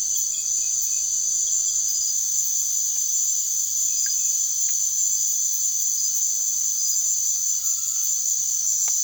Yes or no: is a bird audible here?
no